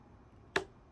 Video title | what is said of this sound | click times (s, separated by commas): So Basic Lavalier Mic | all the way in because you'll hear it snap. There you go. | 0.6 s